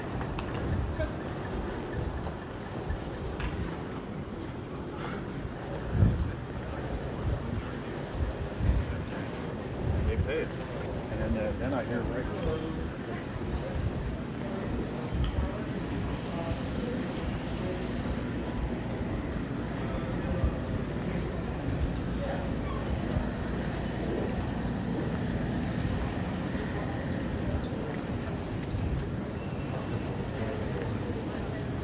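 Busy terminal noise with luggage wheels rolling across the floor, a steady low rumble and clatter that never lets up. Voices murmur throughout, and small knocks and clicks pop out now and then, a few sharper ones around six and nine seconds.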